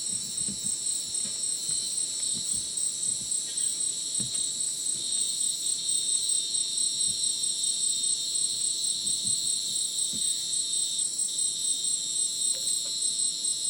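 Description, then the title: Cricket chorus of layered shrill tones held throughout, with a looser pulsing rhythm and scattered soft low knocks and rustles underneath. Dense insect chorus likened to a polyrhythmic electronic concert, after sunset in dense rainforest, Madidi National Park, Ucumari, Bolivia; very high insect density; AT BP4029 microphone, MixPre 6 recorder. "Madidi National Park, Ucumari, Bolivia - Supersonic Crickets in the rainforest"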